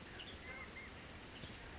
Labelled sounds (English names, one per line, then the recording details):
Western Tanager
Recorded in Sonoma County, California